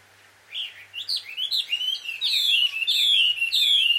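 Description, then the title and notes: Bird chirping calls, quick high chirps that start sparse and run together into a steady, excited twitter. A pair of birds quarrelling at dusk, recorded in Takao, Japan; field recording. "鳥の夫婦喧嘩 – Birds Quarrel At Dusk. Recorded in Takao Japan"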